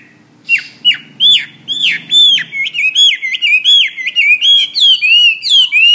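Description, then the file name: Hwamei song: loud, clear whistled notes dropping and rising, repeated in a steady series. "omkicau hwamey"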